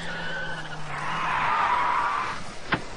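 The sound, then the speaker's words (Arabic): A car skids to a stop, its tires letting out a loud, sustained squeal over engine rumble, ending with a sharp, brief knock as the vehicle halts. “هاي وقف، شكله بده يعمل مشاكل”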